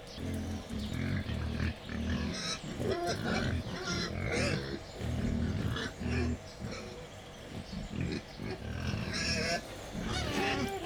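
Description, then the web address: Wild boar grunting in rapid low pulses throughout, with a few short higher squeals. Captive wild boar at Jászberény Zoo, recorded 28 April 2015, excited before feeding. "allathangok jaszberenyizoo 2015 professzionalis vaddiszno etetesrefelajzva c 04 28"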